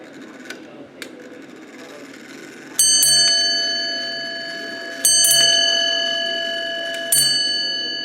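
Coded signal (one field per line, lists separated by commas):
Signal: ship's bell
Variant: ship's bell clock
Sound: three ringing clock-bell strikes, evenly spaced, each decaying slowly; faint ticking before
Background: clock ticking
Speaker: we stopped at four bills the next time should be five bills five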